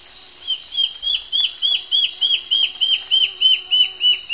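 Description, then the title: Black-faced antbird song: a fast, even series of many clear, downslurred whistled notes, steady in pitch. Nominate subspecies Myrmoborus myotherinus myotherinus. "LuckyPassaro Completos2Sama. Black-faced Antbird (Myrmoborus myotherinus myotherinus)"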